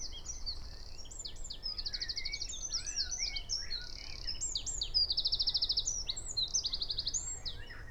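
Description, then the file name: Eurasian wren song: repeated shrill trills and quick notes, mixed with lower chirping from other birds over constant low background noise. "Troglodytes troglodytes"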